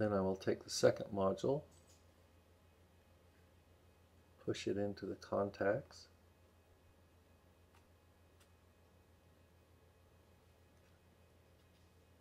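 A second laptop memory module (circuit board) is pushed edge-first into the contacts of the memory slot of a 13-inch MacBook Pro and lined up before being pressed down to latch. Someone talks at the start and again around 4.5 to 6 seconds, then the clip falls to a quiet hiss with faint ticks. Nothing has snapped or clicked into place yet.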